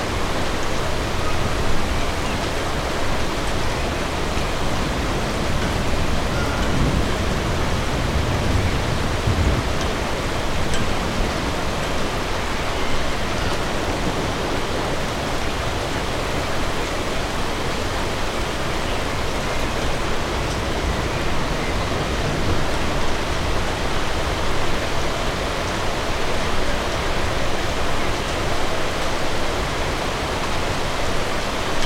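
City rain falls in a steady, dense hiss that stays even throughout, with a low rumble underneath and no distinct events.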